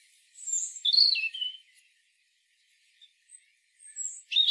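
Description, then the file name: European robin singing a short high, sweet phrase of sliding whistles, followed by near silence with faint notes and a fresh phrase beginning. "Erithacus rubecula"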